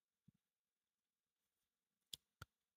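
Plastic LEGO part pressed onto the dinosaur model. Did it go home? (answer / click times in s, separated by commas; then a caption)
yes / 2.1 s. A plastic LEGO part is pressed onto a LEGO Dreamzzz Dino Jet dinosaur model during the build. Two soft low knocks come near 0.3 s, then a sharp, bright snap at 2.1 s, followed by a second crisp tick at about 2.4 s. The part snaps on and is seated.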